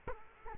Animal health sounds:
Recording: mosquito wingbeat signal from an infrared sensor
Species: Culex quinquefasciatus

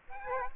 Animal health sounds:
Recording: mosquito wingbeat signal from an infrared sensor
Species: Aedes aegypti

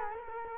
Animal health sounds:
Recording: mosquito wingbeat signal from an infrared sensor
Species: Culex quinquefasciatus

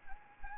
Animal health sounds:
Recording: mosquito wingbeat signal from an infrared sensor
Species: Anopheles gambiae

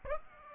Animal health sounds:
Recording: mosquito wingbeat signal from an infrared sensor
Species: Aedes aegypti

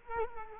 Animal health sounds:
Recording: mosquito wingbeat signal from an infrared sensor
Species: Culex quinquefasciatus

